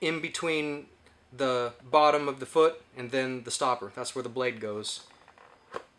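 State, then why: Seated. Someone talks while a rubber/plastic prosthetic foot shell is pressed down over a carbon prosthetic foot blade, with pressure on the heel so the blade passes an internal rubber stopper. A sharp click at 5.8 s marks the blade seating, leaving the shell on securely.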